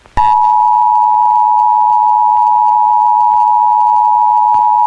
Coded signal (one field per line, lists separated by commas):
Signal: Emergency Alert System (SAME) tones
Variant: 853 and 960 Hz attention tone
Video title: Goodbye America : Remastered (Nuclear Attack EAS Scenario)